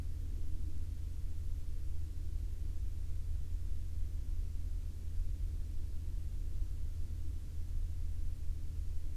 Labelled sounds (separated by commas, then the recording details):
aircraft
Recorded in the Prudhoe Bay oil fields, Alaska, on 17 May 2021 at 01:08
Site 24